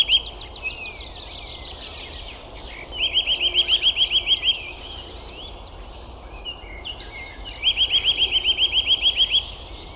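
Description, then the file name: Eurasian nuthatch repeating a rapid, regular series of clear piping notes twice, each run lasting over a second, over a background of faint high twittering from other birds. "Sitta europaea"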